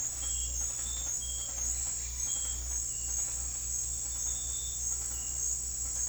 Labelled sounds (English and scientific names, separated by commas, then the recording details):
none
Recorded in pastures near Puerto Asís, Putumayo, Colombia, on 8 March 2025 at 17:30
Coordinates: 0.502, -76.324
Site GP07